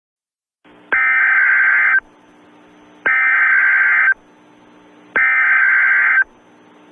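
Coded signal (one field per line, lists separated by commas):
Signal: Emergency Alert System (SAME) tones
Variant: header bursts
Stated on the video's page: Fictional EAS scenario of a nuclear missile alert, made on request, not a real alert.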